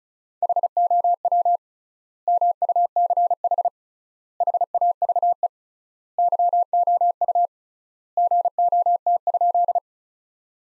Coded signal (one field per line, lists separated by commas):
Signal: Morse code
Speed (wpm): 34 wpm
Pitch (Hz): 700 Hz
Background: none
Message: HOW MUCH HAVE YOU GOT?